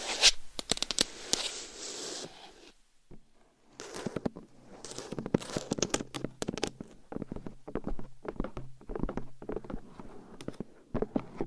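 Scratching and tapping: a loud scraping burst for two seconds, a brief pause, then irregular taps and rustling scratches continuing unevenly to the end.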